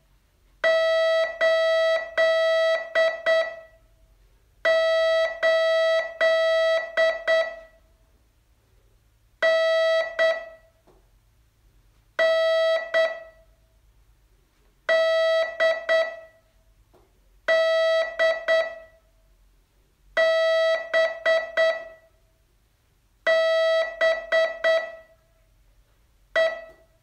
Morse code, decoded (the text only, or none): 8 8 N N D D B B E